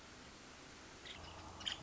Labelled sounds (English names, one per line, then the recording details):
Nuttall's Woodpecker
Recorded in Sonoma County, California